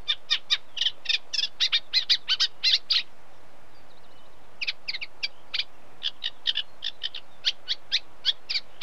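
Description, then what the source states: Eurasian Reed Warbler song: chattering bursts of short harsh notes, a pause of about a second and a half, then more spaced, repeated chirps. Unmated male singing.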